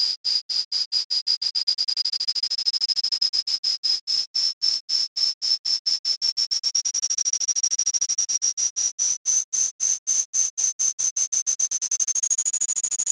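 Cicada song: a rapid, steady train of high buzzy pulses that holds one pitch and creeps slowly upward throughout, with no other sounds.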